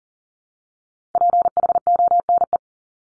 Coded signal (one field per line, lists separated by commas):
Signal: Morse code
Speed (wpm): 40 wpm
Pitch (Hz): 700 Hz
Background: none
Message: PHONE